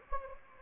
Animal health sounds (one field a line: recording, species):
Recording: mosquito wingbeat signal from an infrared sensor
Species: Anopheles gambiae